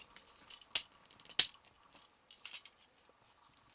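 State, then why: Seated. A plastic body section of a Maketoys MT-03 Hyper Novae (Nova Prime) transforming robot toy is aligned and pushed down into the toy robot's torso. Sharp plastic clicks come at 0.8 s and 1.4 s, followed by a softer rattle around 2.5 s. The section locks into place.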